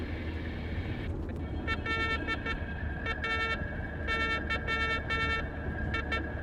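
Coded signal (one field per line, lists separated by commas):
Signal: Morse code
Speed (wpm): 13 wpm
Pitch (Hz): 1350 Hz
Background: none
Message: LAYI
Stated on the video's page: Heard in an Xbox game.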